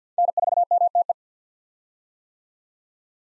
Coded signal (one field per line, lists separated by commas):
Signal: Morse code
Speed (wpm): 50 wpm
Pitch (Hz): 700 Hz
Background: none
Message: N4MTE